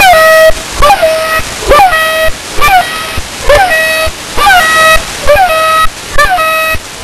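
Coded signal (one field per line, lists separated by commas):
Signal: channel marker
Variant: The Goose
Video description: The Goose is a new Russian channel marker, sort of a combination of The Pip and The Airhorn.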